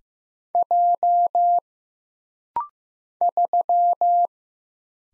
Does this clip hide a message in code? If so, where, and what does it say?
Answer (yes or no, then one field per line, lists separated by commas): yes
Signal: Morse code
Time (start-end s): 0.6-4.3 s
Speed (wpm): 15 wpm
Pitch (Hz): 700 Hz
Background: none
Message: J 3